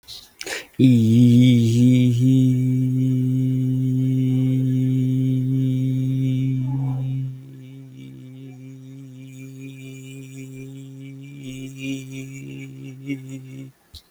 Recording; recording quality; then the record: sustained vowel as in beet; excellent, no background noise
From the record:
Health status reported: healthy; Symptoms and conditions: none ticked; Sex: male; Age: 25 years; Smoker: not ticked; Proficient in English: yes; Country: India